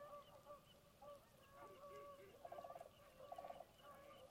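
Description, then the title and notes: Canada Goose honks, a few steady nasal calls, then two short rapid rattling bursts, over a soft rushing background. Large flock circling through at dusk during light rain, Conboy Lake National Wildlife Refuge, Glenwood, Washington; a migratory stop for waterfowl, second night. "Conboy is an important migratory stop and residency for many different kinds of waterfowl"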